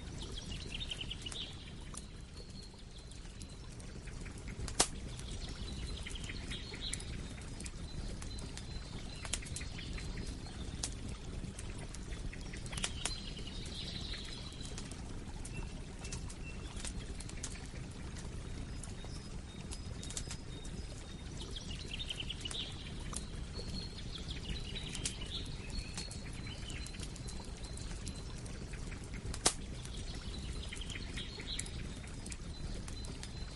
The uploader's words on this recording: Nature sounds of wild forest fire in the woods.